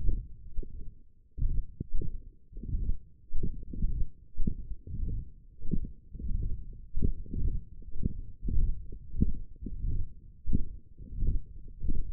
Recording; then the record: forearm muscle sounds (acoustic myography)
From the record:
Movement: hand closing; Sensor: system 1, eight BSWA MPA416 microphones around the upper forearm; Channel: 7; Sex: male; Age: 21 years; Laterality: right